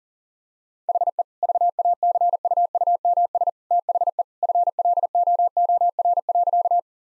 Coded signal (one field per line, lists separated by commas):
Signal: Morse code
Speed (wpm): 40 wpm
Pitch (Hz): 700 Hz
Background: none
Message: HE VACUUMS THE FLOOR.